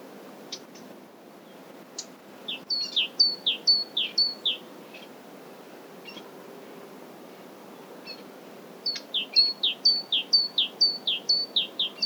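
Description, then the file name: Great tit song: two-note phrases, high then low, repeated in two bursts separated by a pause, with a few sharp clicks and chips between. "Parus major"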